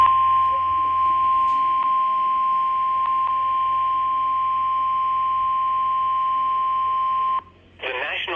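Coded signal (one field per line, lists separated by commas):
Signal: Emergency Alert System (SAME) tones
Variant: 1050 Hz attention tone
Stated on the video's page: Severe Thunderstorm Warning EAS alert on NOAA Weather Radio station.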